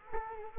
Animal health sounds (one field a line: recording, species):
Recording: mosquito wingbeat signal from an infrared sensor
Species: Culex quinquefasciatus